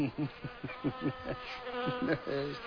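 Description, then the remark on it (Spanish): A fly buzzes in uneven pulsing bursts on the soundtrack of a Danish-Finnish film, its low droning hum rising and falling in loudness over a couple of seconds, with no one speaking. “Es la banda sonora, forma parte de la banda sonora, es ilustrativa, ¿no?”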